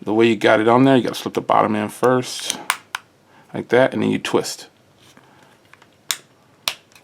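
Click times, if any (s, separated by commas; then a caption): 6.1 s, 6.7 s. Someone talks while closing a Lemfo LF07 Bluetooth smartwatch, slipping the bottom edge of the back cover into the watch body first and then twisting it. Two sharp, loud clicks follow at 6.1 s and 6.7 s as the back cover locks in place on the smartwatch body.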